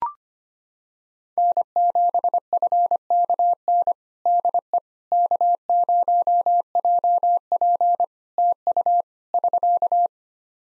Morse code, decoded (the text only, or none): N7FKN DE K0JP TU <SK>